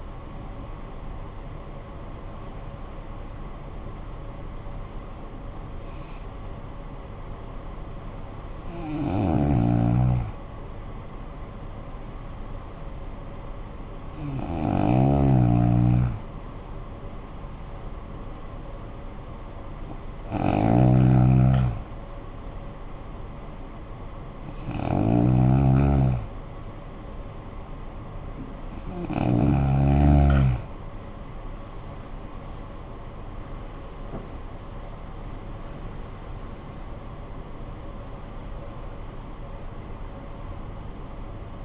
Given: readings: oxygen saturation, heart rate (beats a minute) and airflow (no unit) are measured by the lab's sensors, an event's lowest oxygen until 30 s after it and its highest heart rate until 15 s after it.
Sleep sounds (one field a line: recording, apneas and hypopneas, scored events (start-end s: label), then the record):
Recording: breathing in sleep by a smartphone at the bedside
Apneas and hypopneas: none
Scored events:
none scored
From the record:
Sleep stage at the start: N1 (lightest sleep)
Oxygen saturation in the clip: 80 to 93%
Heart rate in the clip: 42 to 75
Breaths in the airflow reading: 8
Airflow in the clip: -15.7 to 15.3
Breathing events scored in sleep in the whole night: 445 in 7.6 hours asleep